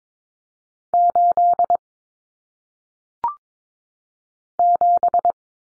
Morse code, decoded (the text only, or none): 8 7